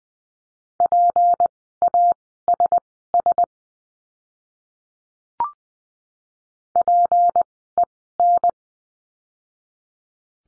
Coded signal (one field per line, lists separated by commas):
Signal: Morse code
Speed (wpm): 20 wpm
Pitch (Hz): 700 Hz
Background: none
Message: PASS PEN